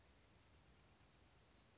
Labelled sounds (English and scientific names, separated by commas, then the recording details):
Oak Titmouse (Baeolophus inornatus)
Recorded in Sonoma County, California